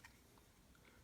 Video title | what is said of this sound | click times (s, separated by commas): TOPS C.U.T. 4.0: THE Combat Utility Tool! | hear that click in clicks right over that screw there no rattle whatsoever | 0.1 s